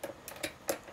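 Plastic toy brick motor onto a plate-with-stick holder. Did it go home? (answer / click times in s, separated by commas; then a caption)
yes / 0.7 s. A LEGO outboard motor assembly is pressed onto a modified 1x2 plate with stick until its plastic parts snap into the holders. A few light plastic ticks come at about 0.0, 0.3 and 0.4 seconds, then a sharper, louder snap at 0.7 seconds as the motor seats in the holders.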